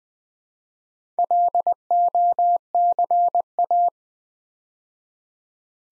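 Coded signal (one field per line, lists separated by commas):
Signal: Morse code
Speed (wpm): 20 wpm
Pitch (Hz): 700 Hz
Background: none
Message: LOCA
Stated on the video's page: Morse practice set at 20 wpm building 6-letter words two letters at a time for instant character recognition.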